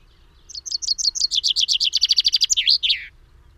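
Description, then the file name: Common chaffinch song, a single phrase of about two and a half seconds: bright repeated notes dropping in pitch and speeding up, closing with a sharp flourish. "Fringilla coelebs"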